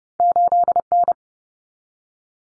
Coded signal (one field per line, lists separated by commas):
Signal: Morse code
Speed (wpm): 30 wpm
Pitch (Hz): 700 Hz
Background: none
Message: 8N